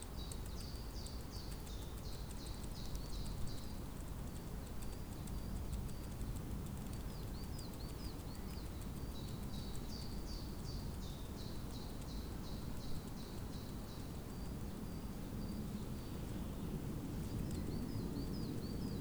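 Birdsong in Tivoli Park, Ljubljana, on a spring day: thin, high chirps and short trilled phrases repeat through most of the recording. Beneath them runs a steady, dense low rumble like distant traffic, unchanging in level from start to finish.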